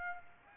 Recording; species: mosquito wingbeat signal from an infrared sensor; Aedes aegypti